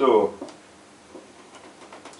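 The insert of a secret compartment in a floating wooden wall cabinet is being pushed back in toward its push-to-open latch. Someone talks briefly at the start, followed by quiet handling with a few faint taps, the most noticeable near 2.1 seconds. Nothing has seated or clicked yet.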